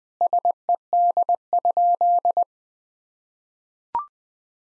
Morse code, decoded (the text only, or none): SED?